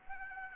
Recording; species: mosquito wingbeat signal from an infrared sensor; Anopheles arabiensis